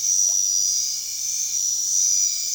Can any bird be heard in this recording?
no